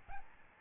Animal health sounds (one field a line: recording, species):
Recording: mosquito wingbeat signal from an infrared sensor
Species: Aedes albopictus